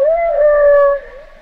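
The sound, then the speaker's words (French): A single whale call: a smooth, tonal moan with clear harmonics that holds a fairly steady pitch, wavers slightly, then softens and trails off after about a second. No one speaks. “Si c'est les sons de, si c'est des vocalises de baleine, ou si c'est des préenregistrements.”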